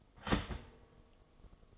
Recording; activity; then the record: daily activity, microphone in the room; start toaster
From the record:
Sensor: 4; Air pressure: 1015.5 hPa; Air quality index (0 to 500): 195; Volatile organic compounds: 9 ppm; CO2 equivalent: 2174 ppm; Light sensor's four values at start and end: 4/9/3/3 and 4/9/3/3